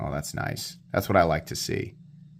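A man talks while handling an Urban EDC Supply Minimalist Folding Knife, working its blade toward the closed detent in the handle, over a steady low hum. Nothing has seated or clicked yet; the blade has not snapped home into the detent, which is later judged a nice click with no detent lash.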